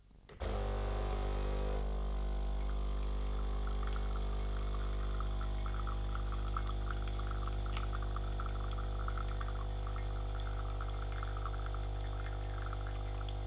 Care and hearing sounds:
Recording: daily activity, microphone in the room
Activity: make coffee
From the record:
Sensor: 4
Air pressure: 995.8 hPa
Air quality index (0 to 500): 67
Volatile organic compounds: 2 ppm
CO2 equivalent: 1216 ppm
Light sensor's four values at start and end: 8/18/7/6 and 10/23/9/9

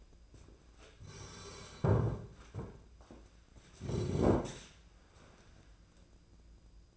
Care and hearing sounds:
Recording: daily activity, microphone in the room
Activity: sit down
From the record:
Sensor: 2

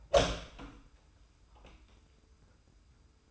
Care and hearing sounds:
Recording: daily activity, microphone in the room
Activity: open door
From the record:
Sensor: 2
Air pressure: 990.3 hPa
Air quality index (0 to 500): 184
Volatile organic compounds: 1000 ppm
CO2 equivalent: 5836 ppm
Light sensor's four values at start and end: 34/80/33/33 and 34/80/33/33

